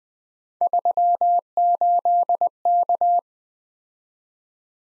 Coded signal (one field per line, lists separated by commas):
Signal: Morse code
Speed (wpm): 20 wpm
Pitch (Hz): 700 Hz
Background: none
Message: 38K